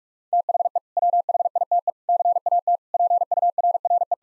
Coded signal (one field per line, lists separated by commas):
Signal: Morse code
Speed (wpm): 46 wpm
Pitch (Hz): 700 Hz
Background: none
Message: THE WHITE CAT PURRE